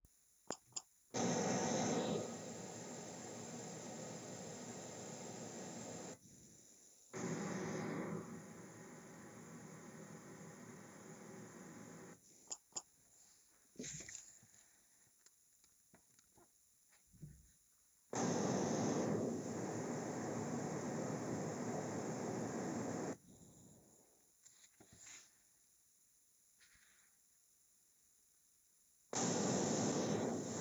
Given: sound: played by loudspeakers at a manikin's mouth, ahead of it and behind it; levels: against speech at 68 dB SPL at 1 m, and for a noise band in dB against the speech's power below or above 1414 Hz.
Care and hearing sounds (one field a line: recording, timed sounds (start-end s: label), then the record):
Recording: test signals for a remote microphone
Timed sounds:
0.50 s: click
0.75 s: click
1.13-6.13 s: speech-spectrum noise from ahead
7.13-12.13 s: speech-spectrum noise from behind
12.50 s: click
12.75 s: click
18.13-23.13 s: speech-spectrum noise from the mouth, turned 45 degrees left
29.13-30.61 s: speech-spectrum noise from the mouth, facing ahead
From the record:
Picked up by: remote microphone A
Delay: 47 ms